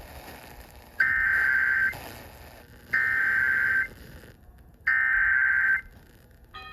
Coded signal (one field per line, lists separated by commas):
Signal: Emergency Alert System (SAME) tones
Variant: header bursts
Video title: First Severe Weather Event of 2023 (4/7/23) (EAS #533 - 546)